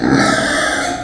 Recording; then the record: squeal of a Yucatan mini pig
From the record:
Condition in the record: before surgery on the right vocal fold (resection and tissue-engineered implant); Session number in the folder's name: 3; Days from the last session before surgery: 0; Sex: female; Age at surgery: 19 weeks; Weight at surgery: 25 kg